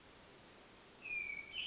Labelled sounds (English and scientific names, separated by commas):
Hermit Thrush (Catharus guttatus)